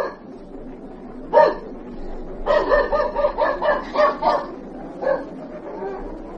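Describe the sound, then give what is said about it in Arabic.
A police dog named Nader barks while circling a lineup of people to pick out the owner of a rope: one sharp bark, then a quick run of about six loud, mid-pitched barks, followed by a final single bark over a low background murmur. “الكلب لف حوالين طابور الاهالي مرتين من غير ما يطلع حد.”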